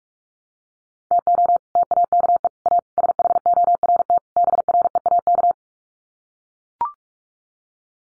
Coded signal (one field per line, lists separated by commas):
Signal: Morse code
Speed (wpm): 44 wpm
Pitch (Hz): 700 Hz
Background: none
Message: TO TAKE A SHORT BREAK